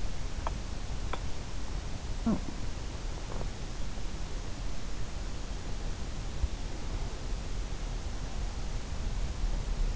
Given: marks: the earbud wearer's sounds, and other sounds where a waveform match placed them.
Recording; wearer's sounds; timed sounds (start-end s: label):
sounds in sleep by an in-ear microphone; teeth grinding, talking in sleep, swallowing
0.00-1.64 s: teeth grinding
1.99-2.75 s: talking in sleep
3.15-3.64 s: swallowing